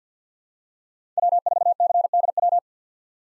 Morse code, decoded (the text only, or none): W4CDW